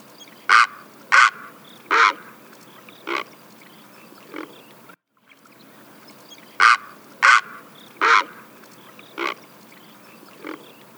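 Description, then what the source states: Great Blue Heron rattling call: harsh, rasping croaks in an uneven series of five bursts, and the same series heard a second time after a brief pause. Rattling call, shocking to hear but quite distinctive; herons are often silent when humans encounter them.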